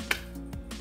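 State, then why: Seated. A plastic carrier frame holding a Threadripper 3970X CPU is slid into the motherboard socket's rail frame. It gives a sharp click at 0.1 s, followed by softer taps around 0.5 s and 0.7 s. The audible click means the carrier frame is seated in the rail.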